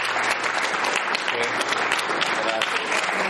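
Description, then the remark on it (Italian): Sustained audience applause for the author recounting the story of the Magnesio, a dense, steady wash of many hands clapping at once, loud and unbroken for the full few seconds with no voices standing out. “Facciamo prendere il fiato all'autore, al quale però vorrei che ti volessimo già un primo applauso, perché lo sta raccontando così bene.”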